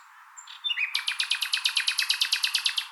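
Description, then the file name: Common nightingale singing: brief whistles lead into a fast, rattling series of many loud repeated notes, steady and metallic. "Luscinia megarhynchos"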